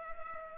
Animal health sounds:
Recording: mosquito wingbeat signal from an infrared sensor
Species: Culex pipiens

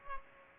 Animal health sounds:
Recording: mosquito wingbeat signal from an infrared sensor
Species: Culex pipiens

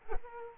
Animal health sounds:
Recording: mosquito wingbeat signal from an infrared sensor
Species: Culex quinquefasciatus

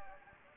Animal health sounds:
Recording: mosquito wingbeat signal from an infrared sensor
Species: Anopheles gambiae

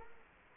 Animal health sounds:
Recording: mosquito wingbeat signal from an infrared sensor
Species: Culex quinquefasciatus

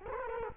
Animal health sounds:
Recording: mosquito wingbeat signal from an infrared sensor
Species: Culex quinquefasciatus

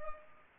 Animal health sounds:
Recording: mosquito wingbeat signal from an infrared sensor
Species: Culex pipiens

